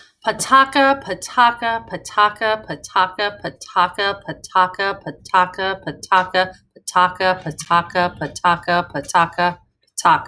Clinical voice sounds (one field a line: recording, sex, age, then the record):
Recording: repeated syllables /pa ta ka/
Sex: female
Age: 30 to 39 years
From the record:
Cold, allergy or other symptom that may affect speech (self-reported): no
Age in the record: 38 years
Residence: Pennsylvania, United States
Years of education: 16